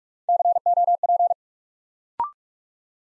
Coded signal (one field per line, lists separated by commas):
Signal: Morse code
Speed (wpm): 44 wpm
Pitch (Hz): 700 Hz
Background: none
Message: COP